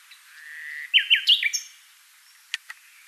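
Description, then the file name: Common nightingale phrase: a soft drawn-out whistle swelling into several loud, liquid notes, followed by silence and two sharp clicks. "Luscinia megarhynchos"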